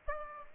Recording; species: mosquito wingbeat signal from an infrared sensor; Aedes aegypti